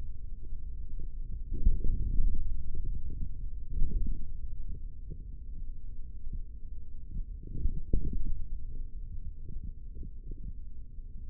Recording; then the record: forearm muscle sounds (acoustic myography)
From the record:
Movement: hand closing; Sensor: system 3, bracelet of six PUI Audio POM-2738L microphones around the upper forearm, with dedicated amplification and filtering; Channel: 5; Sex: male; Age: 43 years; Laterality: right